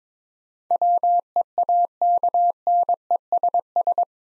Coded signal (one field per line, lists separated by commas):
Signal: Morse code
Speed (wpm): 22 wpm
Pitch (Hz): 700 Hz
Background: none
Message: WEAKNESS